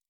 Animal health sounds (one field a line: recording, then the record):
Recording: hydrophone in a shrimp aquaculture tank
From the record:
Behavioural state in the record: normal